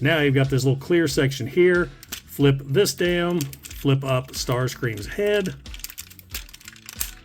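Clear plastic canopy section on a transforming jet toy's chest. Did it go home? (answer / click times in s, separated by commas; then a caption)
yes / 7.0 s. A 1997 Transformers Machine Wars Starscream plastic jet-to-robot toy is transformed while someone talks: the clear plastic canopy section on its chest is flipped down and the head flipped up. A few small plastic clicks follow, and the canopy section snaps back into place at 7.0 s.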